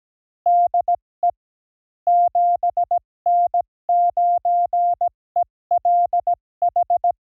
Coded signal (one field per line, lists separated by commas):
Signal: Morse code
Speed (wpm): 17 wpm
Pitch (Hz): 700 Hz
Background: none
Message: DE 7N9ELH